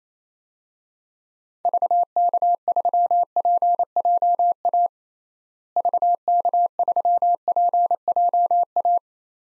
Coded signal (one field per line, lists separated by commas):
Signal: Morse code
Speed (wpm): 28 wpm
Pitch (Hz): 700 Hz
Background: none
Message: VK3PJA VK3PJA